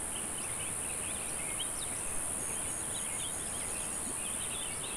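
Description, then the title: Cicadas give a steady, high-pitched continuous buzz throughout, with scattered bird chirps and twittering underneath. "neoscenes: cicadas"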